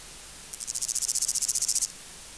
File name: Omocestus bolivari